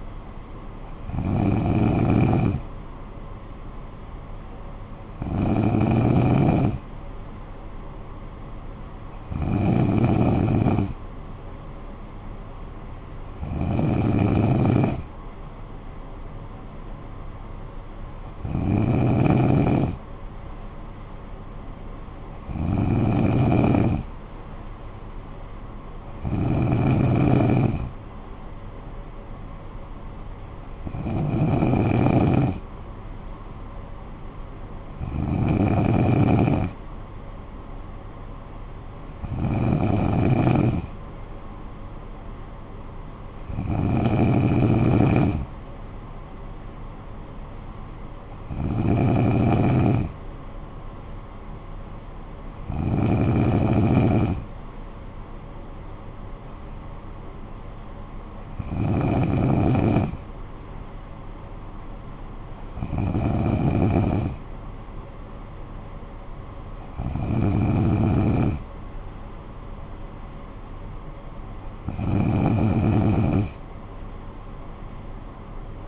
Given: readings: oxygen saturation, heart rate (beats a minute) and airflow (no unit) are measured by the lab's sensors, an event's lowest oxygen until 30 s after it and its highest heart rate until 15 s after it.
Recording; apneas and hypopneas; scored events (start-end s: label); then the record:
breathing in sleep by a smartphone at the bedside; none
none scored
From the record:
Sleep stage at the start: N2 (light sleep); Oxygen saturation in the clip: 93 to 94%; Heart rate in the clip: 54 to 61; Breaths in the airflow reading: 18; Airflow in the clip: -9.2 to 6.6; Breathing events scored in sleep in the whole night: 445 in 7.6 hours asleep